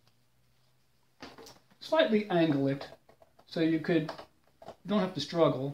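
A Fire TV streaming stick is plugged into a TV's HDMI port at a slight angle after the TV is turned around, while someone talks. A few faint handling sounds come before the talking, and the stick has not yet snapped into place in this stretch.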